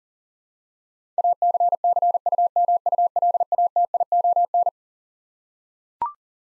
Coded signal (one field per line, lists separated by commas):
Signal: Morse code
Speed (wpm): 40 wpm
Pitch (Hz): 700 Hz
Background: none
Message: ACCUMULATION